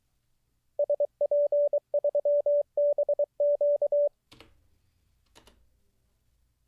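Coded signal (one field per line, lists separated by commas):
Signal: Morse code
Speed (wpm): 23 wpm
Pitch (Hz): 580 Hz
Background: none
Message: SP3BQ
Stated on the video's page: Live Morse code learning practice session, day 23 of daily 10-minute CW study.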